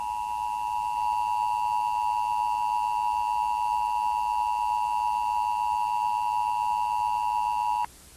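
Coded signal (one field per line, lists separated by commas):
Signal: Emergency Alert System (SAME) tones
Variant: 853 and 960 Hz attention tone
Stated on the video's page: Fan-made test scenario inspired by a real test.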